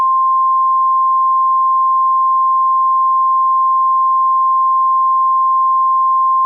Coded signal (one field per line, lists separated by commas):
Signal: Emergency Alert System (SAME) tones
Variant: 1050 Hz attention tone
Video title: EAS Scenario: Silent Phantoms Part II